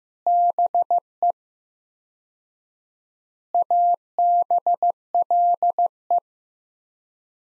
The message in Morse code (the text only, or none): BE ABLE